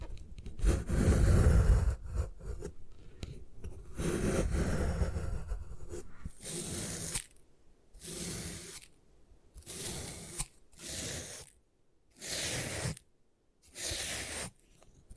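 Gym chalk is crushed and scraped in a dense, gritty crunching that fills the first seven seconds, with heavy low thumps early on. After that come separate bright, hissing bursts of crumbling chalk, about every second and a half, with near silence between.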